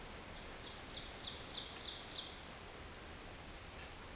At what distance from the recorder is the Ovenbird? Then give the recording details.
about 40 m. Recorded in a Pennsylvania forest on 17 May 2023 at 14:05. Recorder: AudioMoth, point grid1_26_low. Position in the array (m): 211 m, 26 m